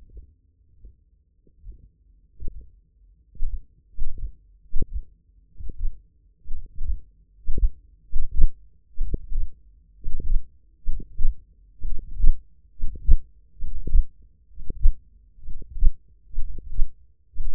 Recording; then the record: forearm muscle sounds (acoustic myography)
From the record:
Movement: hook grip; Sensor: system 1, eight BSWA MPA416 microphones around the upper forearm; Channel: 5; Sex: male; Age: 23 years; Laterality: right